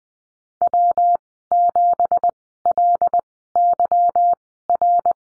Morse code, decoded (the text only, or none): W7LYR